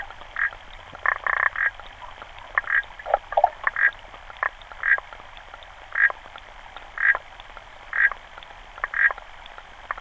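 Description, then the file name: Clawed frog giving short metallic clicking bursts about once a second, with one longer rapid trill early on; faint steady background hiss. "xenopus"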